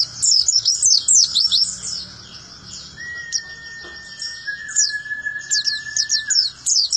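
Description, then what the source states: White-eye giving quick high twittering phrases with gaps, while a long, level, lower whistle holds steady for several seconds in the middle. Long, melodious song.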